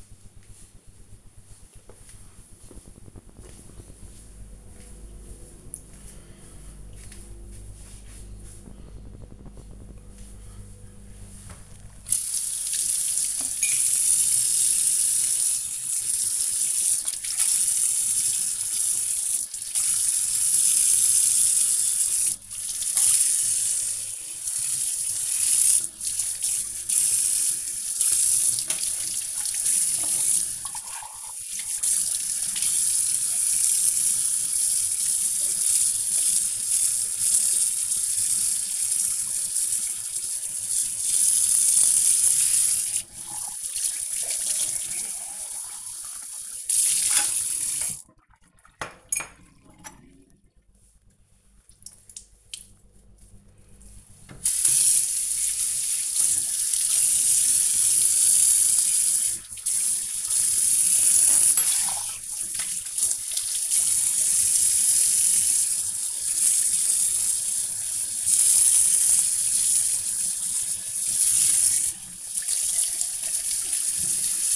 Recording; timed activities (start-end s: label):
household activities, microphone on the right wrist
9.65-74.56 s: washing dishes